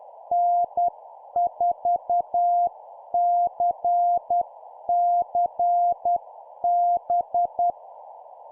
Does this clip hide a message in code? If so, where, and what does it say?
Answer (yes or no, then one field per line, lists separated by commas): yes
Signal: Morse code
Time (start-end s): 0.3-7.7 s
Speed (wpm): 10 wpm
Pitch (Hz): 700 Hz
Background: none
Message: N4CCB